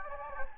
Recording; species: mosquito wingbeat signal from an infrared sensor; Anopheles gambiae